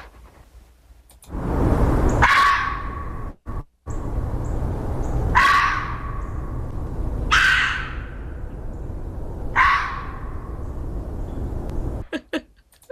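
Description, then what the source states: Red fox screams: four harsh, hoarse cries a few seconds apart, over steady background noise. Calls for mates in late winter, also heard in suburban and urban areas; a nocturnal sound.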